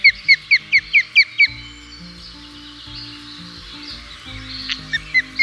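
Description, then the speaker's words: Osprey giving a fast series of seven ringing whistled chirps, then a pause, then a few more chirps, against a low musical background. July; chicks have fledged but stay near the nest into August, practising flying and accepting fish from their parents; heard at public viewing areas. "This month is a great time to visit a public osprey area. Listen out for their calls like this."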